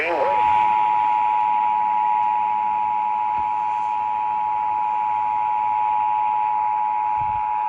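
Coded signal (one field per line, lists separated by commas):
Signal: Emergency Alert System (SAME) tones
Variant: 853 and 960 Hz attention tone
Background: speech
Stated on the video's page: Marine alerts.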